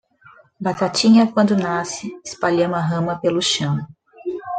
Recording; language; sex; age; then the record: short text; Brazilian Portuguese; female; 40 to 49 years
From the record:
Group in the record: control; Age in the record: 40 years